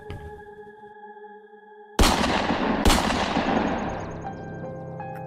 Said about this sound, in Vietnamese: Bất ngờ, cô nghe thấy hai tiếng súng nổ đi đùng trên kia.